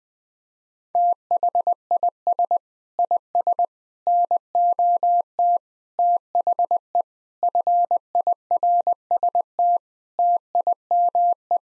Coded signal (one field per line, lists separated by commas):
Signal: Morse code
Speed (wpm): 21 wpm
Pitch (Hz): 700 Hz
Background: none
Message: THIS IS NOT THE FIRST TIME